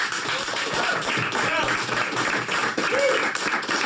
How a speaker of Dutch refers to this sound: Die krijgen nu al applaus, maar die moeten ook even bewijzen dat ze een stem hebben en hier live aanwezig zijn.